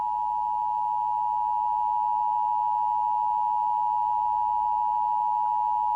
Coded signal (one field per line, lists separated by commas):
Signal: Emergency Alert System (SAME) tones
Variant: 853 and 960 Hz attention tone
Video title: American Emergency Alert System, but at varying speeds. (sensitive sound warning)